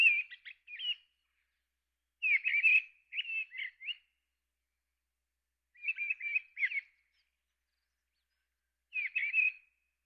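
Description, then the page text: Mistle thrush song: short fluty, warbled phrases of a few notes each, delivered in bursts with pauses between them; no other sounds. "Mistle Thrush. Quick Sounds"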